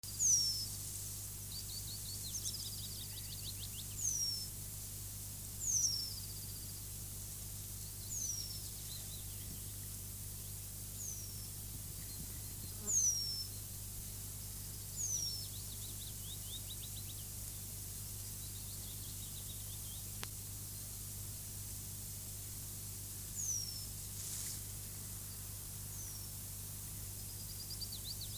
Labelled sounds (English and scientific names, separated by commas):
Eurasian Penduline Tit (Remiz pendulinus) call